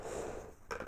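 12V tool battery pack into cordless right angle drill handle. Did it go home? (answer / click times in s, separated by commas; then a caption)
no / none. A Milwaukee M12 12V battery pack is handled and slid toward the handle of a cordless right angle drill, with soft scraping and rustling that fades slightly before a brief louder burst of handling noise near 0.7 s. The clip ends before the pack goes home, so nothing has seated or clicked yet.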